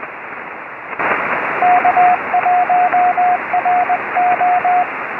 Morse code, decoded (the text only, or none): K1RO